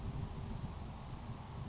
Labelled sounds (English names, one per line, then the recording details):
Grasshopper Sparrow
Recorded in Sonoma County, California